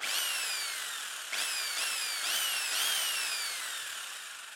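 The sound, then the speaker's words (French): A power drill whines loudly on its own, its high motor pitch surging up four or five times in quick succession and sliding downward after each burst. “Vous cherchez, mettons, un son de perceuse?”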